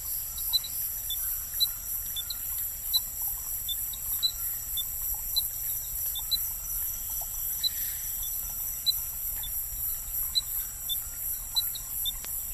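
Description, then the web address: Dendrophryniscus minutus calls: short high chirping notes repeated irregularly throughout, over a steady background of high insect buzzing. Ecuadorian Amazon. "Frogs of Ecuadorian Amazon Dendrophryniscus minutus"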